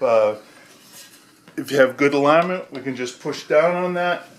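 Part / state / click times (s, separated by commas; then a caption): lounge chair cushion snap fastener into the chair shell / not seated / none. A lounge cushion's snap fastener on an Eames Lounge chair, tipped up, is lined up with the chair shell underneath at the back and about to be pushed down while someone talks. Nothing has seated or clicked yet.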